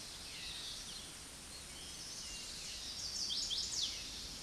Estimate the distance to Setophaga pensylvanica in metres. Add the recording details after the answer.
about 20 m. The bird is about 10 m above the microphone. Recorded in a Pennsylvania forest on 16 May 2024 at 07:19. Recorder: AudioMoth, point MSD-1360. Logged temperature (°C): 14.8 °C. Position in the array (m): 170 m, 220 m